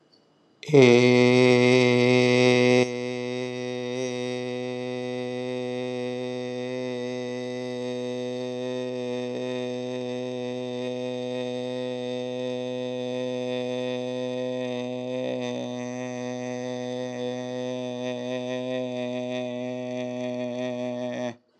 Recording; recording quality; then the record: sustained vowel as in made; excellent, no background noise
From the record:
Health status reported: COVID-19 positive, mild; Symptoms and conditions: cough, cold, sore throat, fever, fatigue, muscle pain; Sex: male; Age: 25 years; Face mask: worn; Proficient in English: yes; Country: India